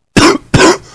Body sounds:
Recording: coughing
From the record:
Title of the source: Coughing 46

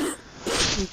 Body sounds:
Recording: coughing mixed with background sound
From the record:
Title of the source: 60 coughing still (deep and wet cough)

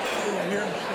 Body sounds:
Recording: coughing mixed with background sound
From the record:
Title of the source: Wet Throat Infection Cough

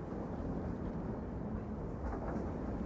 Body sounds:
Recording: background sound without coughing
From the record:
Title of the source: Train Ride Ambience ambient white noise for sleeping, focus, studying, reading

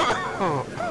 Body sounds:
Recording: coughing mixed with background sound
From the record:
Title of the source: Heavy cold and sore throat coughing.

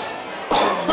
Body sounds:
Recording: coughing mixed with background sound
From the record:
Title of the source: Spring Allergy Coughing

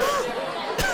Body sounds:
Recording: coughing mixed with background sound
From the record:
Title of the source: Coughing 51

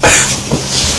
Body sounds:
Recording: coughing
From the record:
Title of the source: Spring Cold Coughing 2

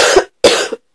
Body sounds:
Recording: coughing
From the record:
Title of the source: 55 gaggy wet cough

